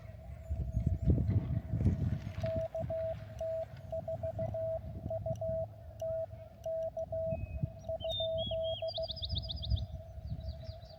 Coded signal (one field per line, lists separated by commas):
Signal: Morse code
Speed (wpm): 16 wpm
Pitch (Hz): 650 Hz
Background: music, radio noise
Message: KT4UT K?